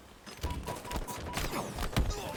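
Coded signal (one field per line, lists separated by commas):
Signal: none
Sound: game sound effect beeps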